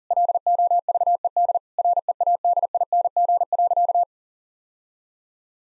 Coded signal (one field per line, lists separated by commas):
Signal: Morse code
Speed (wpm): 40 wpm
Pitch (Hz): 700 Hz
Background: none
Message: LOVED READING.